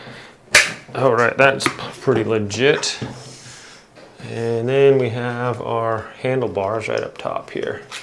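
The folding stem latch on an electric scooter's deck is opened to unfold the stem, giving one sharp snap at 0.6 s as the latch clicks open and releases. Someone talks before and after the snap.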